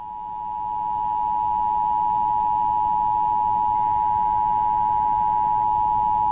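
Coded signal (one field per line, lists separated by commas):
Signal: Emergency Alert System (SAME) tones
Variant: 853 and 960 Hz attention tone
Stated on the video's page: AMBER Alert activation with loud tones, recorded off an FM radio station during a song.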